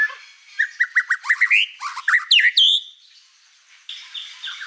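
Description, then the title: White-rumped shama song: a quick run of rising chirps, then rich looping whistles and a clear high note, followed by a faint hiss. Song used as a lure for trapping or training. "Pikat Murai Batu"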